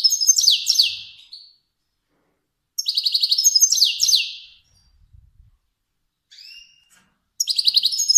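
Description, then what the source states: Finch song: short phrases of rapid buzzy trills and descending slurs, separated by pauses of over a second. Kermani finch.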